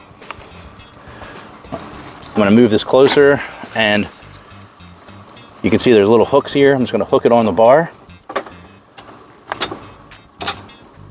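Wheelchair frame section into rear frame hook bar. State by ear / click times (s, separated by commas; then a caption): seated / 9.6 s. Someone talks while hooking the front frame section of a Merits EZ-GO Deluxe folding power wheelchair (300 lbs capacity) onto the bar of the rear section and pushing the halves together. Short knocks come at about 8.3 s and 9.5 s, then the metal latch engages with a sharp click at 9.6 s, and a final knock follows at 10.5 s. The frame is seated and connected into place.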